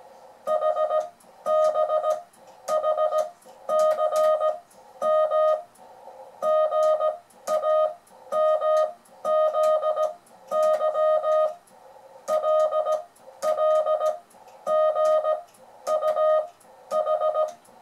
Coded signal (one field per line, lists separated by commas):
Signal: Morse code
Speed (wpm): 17 wpm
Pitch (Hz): 620 Hz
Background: music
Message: HBHCM GAMZY LLGUH